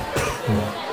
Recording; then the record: coughing mixed with background sound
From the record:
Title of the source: Mid-morning Winter Coughing Fit